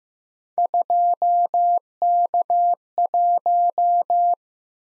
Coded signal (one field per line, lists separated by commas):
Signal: Morse code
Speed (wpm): 15 wpm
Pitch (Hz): 700 Hz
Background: none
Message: 2K1